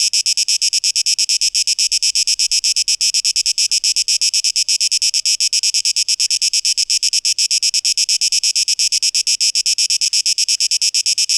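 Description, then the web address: Cicada song: a continuous high hissing buzz beating in fast, even pulses. Cicadas, 12 August 2023, tape echo mix. "audio rauschpartikel Audio 2023-08-12 Zikaden (Tape Echo Mix)"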